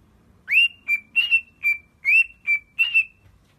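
Cockatiel giving a brief series of seven clear whistled notes, alternating swelling and shorter level tones, in quiet surroundings.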